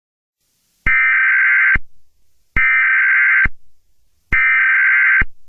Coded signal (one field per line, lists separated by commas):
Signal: Emergency Alert System (SAME) tones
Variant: header bursts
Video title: EAS SCENARIO #46: I-Ready Characters